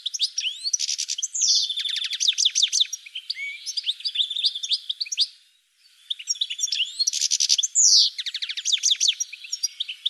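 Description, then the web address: Bird song with quick, high twittering notes and stuttering trills, broken by a brief pause near the middle before an equally busy second burst. "cianscape birddata"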